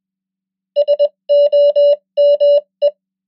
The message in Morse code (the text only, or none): SOME